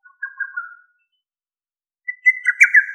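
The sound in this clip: Lesser cuckoo calls, a short run of whistled notes followed after a pause by a louder, slightly higher burst of rapid notes.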